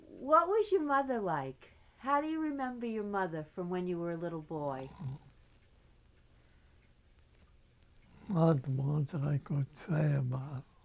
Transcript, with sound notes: What was your mother like? How do you remember your mother from when you were a little boy?
[pause] what I could say about